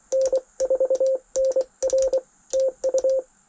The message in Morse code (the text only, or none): N4NR TU